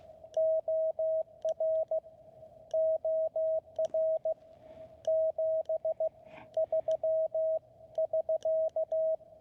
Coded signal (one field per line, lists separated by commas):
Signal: Morse code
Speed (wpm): 15 wpm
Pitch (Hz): 620 Hz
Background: radio noise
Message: OR OR 73 <SK>